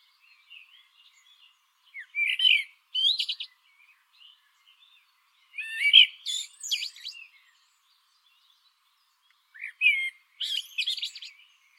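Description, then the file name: Eurasian blackbird song in three separate phrases, each a brief low warble followed by thin, scratchy high twittering, with silent gaps of a few seconds between them. "Turdus merula"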